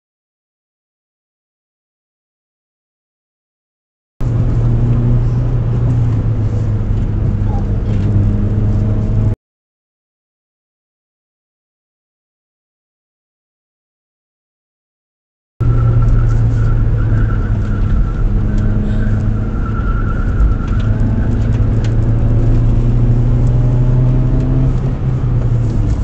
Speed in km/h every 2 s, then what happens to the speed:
59, 67, 66, 62, 65, 74, 76, 70, 51, 49, 57, 74, 63.
7-12 speeds up to 76. 12-17 brakes to 49. 17-22 speeds up to 74. 23-26 brakes to 63.